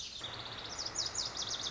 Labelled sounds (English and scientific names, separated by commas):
Lazuli Bunting (Passerina amoena)